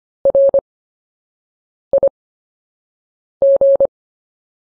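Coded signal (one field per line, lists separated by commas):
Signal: Morse code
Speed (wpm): 25 wpm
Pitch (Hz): 550 Hz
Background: none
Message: RIG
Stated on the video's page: Morse practice of anchor words with a slow speed workout at 8 WPM.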